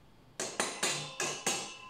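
A plastic panel of a modular small-animal pen is pushed onto the adjoining panel's joint and snaps shut, seating with a sharp click at 0.4 s. Four more bright plastic clacks follow at about 0.6, 0.8, 1.2 and 1.5 s, each ringing briefly before fading.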